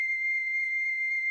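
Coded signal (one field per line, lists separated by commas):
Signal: computer data on cassette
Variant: Sharp pocket computer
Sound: a steady high-pitched synchronizing tone held for about one and a half seconds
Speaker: here goes the AGC again the auto gain control the uh synchronizing [Music] tone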